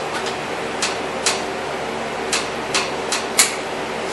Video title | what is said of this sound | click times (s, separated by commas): Hood Release Cable 1998 Honda Civic | you'll hear it snap in place | 3.4 s